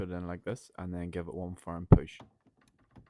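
A black ink cartridge is being handled at the carriage tray of an HP DeskJet 4220e printer, positioned to be pushed firmly in. Someone talks, followed by a brief handling knock and a few faint ticks near the end. Nothing has seated or clicked yet.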